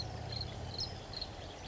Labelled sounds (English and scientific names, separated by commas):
California Towhee (Melozone crissalis)